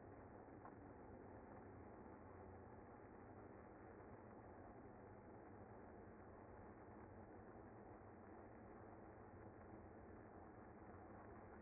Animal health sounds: honeybee colony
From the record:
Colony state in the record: active

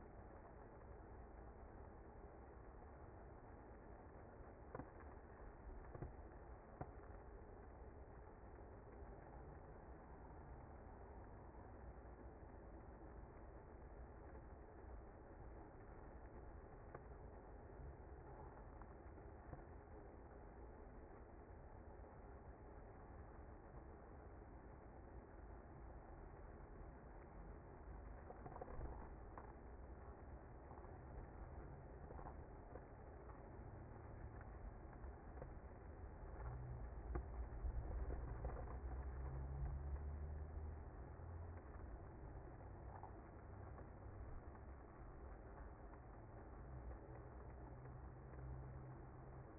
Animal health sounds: honeybee colony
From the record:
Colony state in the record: active

